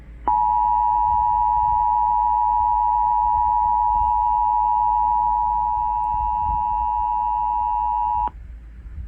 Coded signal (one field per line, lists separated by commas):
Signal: Emergency Alert System (SAME) tones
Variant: 853 and 960 Hz attention tone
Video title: Welcome Home and KDKA's EMNet Obsession... (EAS Alerts from 8/1-3/22) (EAS # 1213-1240)